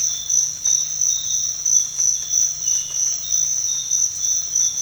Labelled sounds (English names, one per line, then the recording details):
none
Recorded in dense forest near Puerto Asís, Putumayo, Colombia, on 22 December 2024 at 06:00
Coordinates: 0.468, -76.322
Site G071